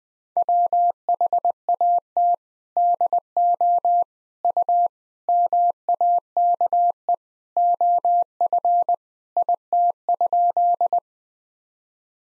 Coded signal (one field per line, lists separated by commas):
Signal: Morse code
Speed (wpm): 21 wpm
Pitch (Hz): 700 Hz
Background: none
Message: WHAT DO U MAKE OF IT?